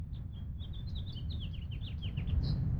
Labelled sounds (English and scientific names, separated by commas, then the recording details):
House Finch (Haemorhous mexicanus) song
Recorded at Lynbrook on Long Island, New York, on 17 June 1975
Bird F